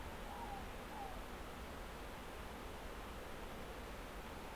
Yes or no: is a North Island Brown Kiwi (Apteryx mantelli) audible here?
no